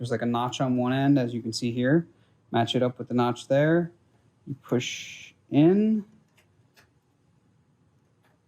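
A 72-pin SIMM memory module is lined up by its notch with the notch on a motherboard SIMM slot and pushed in while someone talks, followed by a brief faint sound at about 6.4 s and near silence. The module has not seated or clicked into place yet.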